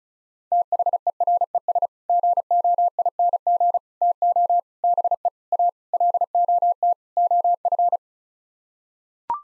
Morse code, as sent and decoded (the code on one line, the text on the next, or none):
- .... . .-. . ... / --. --- .. -. --. / - --- / -... . / .- / .-.. --- - / --- ..-.
THERES GOING TO BE A LOT OF